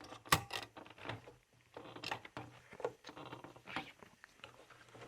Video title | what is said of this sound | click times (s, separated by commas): Volvo XC90 HID Headlight Replacement | and then that metal housing should click right into place | 0.3 s